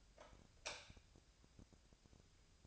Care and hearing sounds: daily activity, microphone in the room; light off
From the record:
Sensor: 2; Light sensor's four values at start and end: 34/89/38/41 and 30/75/32/35

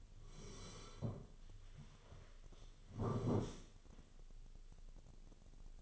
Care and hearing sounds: daily activity, microphone in the room; sit down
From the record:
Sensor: 4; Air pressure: 1016.1 hPa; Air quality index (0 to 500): 164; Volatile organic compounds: 6 ppm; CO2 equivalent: 1867 ppm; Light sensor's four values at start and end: 9/20/8/7 and 9/20/8/7

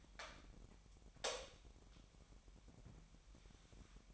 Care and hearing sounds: daily activity, microphone in the room; light on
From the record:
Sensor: 1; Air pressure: 1012.0 hPa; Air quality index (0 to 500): 234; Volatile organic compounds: 6 ppm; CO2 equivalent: 1864 ppm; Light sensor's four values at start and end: 14/34/14/16 and 18/50/20/22

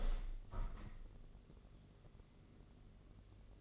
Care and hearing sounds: daily activity, microphone in the room; open window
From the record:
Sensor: 4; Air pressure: 1013.1 hPa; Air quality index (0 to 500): 165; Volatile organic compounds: 2 ppm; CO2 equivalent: 1044 ppm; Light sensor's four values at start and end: 38/93/38/39 and 38/94/38/40

